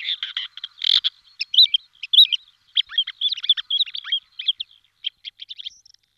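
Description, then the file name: Lesser grey shrike chattering, a rapid jumble of harsh chips, squeaky notes and short downward slurs, delivered almost continuously. "averla cenerina"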